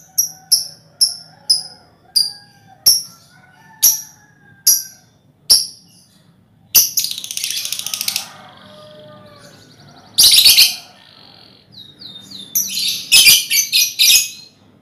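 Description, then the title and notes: Lovebird chattering song: a steady series of sharp high ticking chirps, then long harsh, buzzy screeching chatter and shrill squeals. Ngekek song, used as a lure song (kicau pancingan). "Master Kicau Lovebird ngekek, kicau pancingan"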